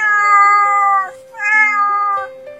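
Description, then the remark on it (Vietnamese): A cat gives two long, drawn-out meows in a row, each high-pitched, strained and pitiful-sounding, loud and alone with a brief pause between them. “Tiếng mèo vang lên đầy tội nghiệp.”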